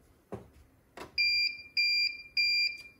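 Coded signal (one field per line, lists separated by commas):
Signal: beep code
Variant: Xprinter receipt printer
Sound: two soft knocks, then three steady high-pitched beeps evenly spaced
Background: small room, handling clicks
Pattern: 3 long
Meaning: The printer is connected to the configured Wi-Fi network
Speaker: three long beeps means that it's it tells us that it's connected to the Wi-Fi SS ID that uh we have entered here on the software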